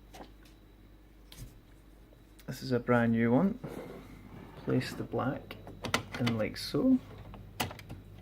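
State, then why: Seated. Someone talks while a brand new black ink cartridge is pushed firmly into the cartridge holder of an Epson WF3620 inkjet printer. A sharp click at 7.6 s shows the cartridge seating home.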